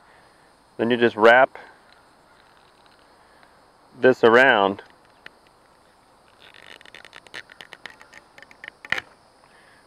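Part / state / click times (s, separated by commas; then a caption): wooden spindle into bow drill cord / seated / 8.9 s. Someone talks briefly while a wooden spindle is wrapped into the cord of a bow-drill bow and twisted, making a run of light scratchy creaks from about 6.4 s. The spindle flips into place in the string loop with a sharp snap at 8.9 s, leaving it seated in the cord.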